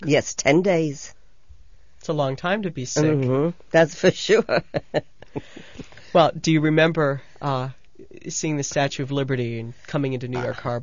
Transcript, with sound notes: Yes, ten days.
That's a long time to be sick.
Uh-huh. That's for sure. (she laughs)
Well, do you remember seeing the Statue of Liberty and coming into New York Harbor?